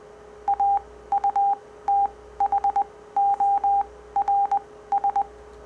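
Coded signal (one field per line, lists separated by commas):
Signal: Morse code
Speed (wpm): 20 wpm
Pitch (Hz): 800 Hz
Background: none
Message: AUTHORS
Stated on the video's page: Morse code generated with different waveforms, sine, square and sawtooth, as a copying experiment.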